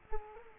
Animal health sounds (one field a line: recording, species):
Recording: mosquito wingbeat signal from an infrared sensor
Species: Culex quinquefasciatus